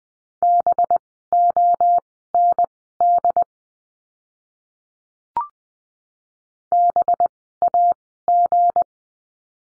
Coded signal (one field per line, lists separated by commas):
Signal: Morse code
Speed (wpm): 20 wpm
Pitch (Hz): 700 Hz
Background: none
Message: BOND BAG